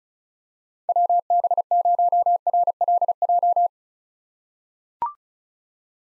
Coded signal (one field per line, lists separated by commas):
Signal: Morse code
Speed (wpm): 34 wpm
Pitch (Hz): 700 Hz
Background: none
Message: WB0RLJ